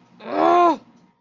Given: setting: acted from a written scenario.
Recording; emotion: vocal sound without words; shame